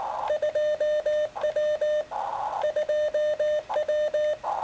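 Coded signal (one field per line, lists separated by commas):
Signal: Morse code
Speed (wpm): 19 wpm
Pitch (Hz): 600 Hz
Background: none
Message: 2W 2W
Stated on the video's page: Morse contact with New Zealand made using 2 watts.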